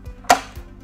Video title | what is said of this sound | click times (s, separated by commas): ADJUSTABLE CAGED FOLDABLE LADDER | make sure that the bottom of the ladder is in position lock those rock locks in place | 0.3 s